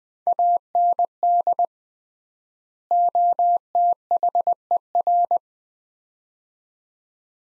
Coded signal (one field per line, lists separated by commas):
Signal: Morse code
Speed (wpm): 21 wpm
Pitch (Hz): 700 Hz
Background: none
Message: AND OTHER